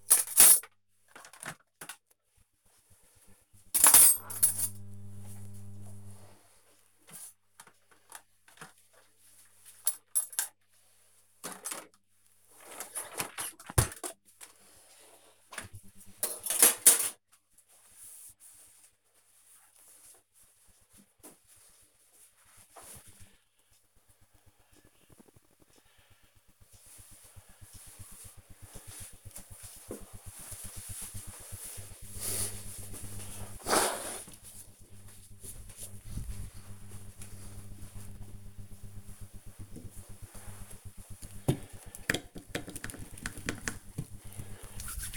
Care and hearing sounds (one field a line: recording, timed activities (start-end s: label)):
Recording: household activities, microphone on the right wrist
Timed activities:
0.00-12.44 s: cleaning out the dishwasher
40.63-45.17 s: disinfecting hands